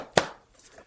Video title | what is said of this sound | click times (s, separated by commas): How to Change 2024 Chevy Silverado 2500HD L5P 6.6 Duramax V8 Diesel Fuel Filter | and you're going to press it down in there until you feel it snap in place. | 0.2 s